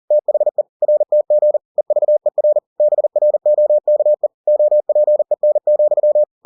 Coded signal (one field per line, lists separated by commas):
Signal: Morse code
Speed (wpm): 40 wpm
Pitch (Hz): 600 Hz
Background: none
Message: THE RTG EVER BROKE OPEN,